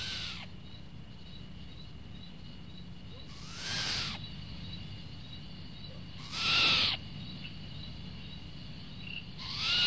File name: Short-eared Owl